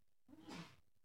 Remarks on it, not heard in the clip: Did everyone hear the sneeze? Did you hear him sneezing then?